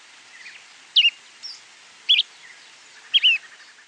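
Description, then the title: Bran-colored Flycatcher giving short, high, twisting call notes, three sharp two-part chips spaced roughly a second apart, with faint softer chirps between them. Subspecies flammiceps. "LuckyPassaro Completos2Sama. Bran-colored Flycatcher (Myiophobus fasciatus flammiceps)"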